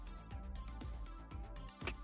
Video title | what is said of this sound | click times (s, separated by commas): How to FIX Noisy ResMed AirSense 10 Motor Replacement (Under 10 Minutes CPAP Repair) | and you'll hear it click. | 1.9 s